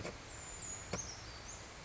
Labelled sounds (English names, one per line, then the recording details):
Brown Creeper
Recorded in Sonoma County, California